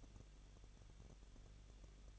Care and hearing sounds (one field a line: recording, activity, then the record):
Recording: daily activity, microphone in the room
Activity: no activity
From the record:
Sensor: 4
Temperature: 23.0 degrees Celsius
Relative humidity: 34.2%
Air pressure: 1007.3 hPa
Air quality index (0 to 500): 218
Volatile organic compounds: 16 ppm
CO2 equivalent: 2522 ppm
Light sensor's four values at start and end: 2/3/1/1 and 2/3/1/1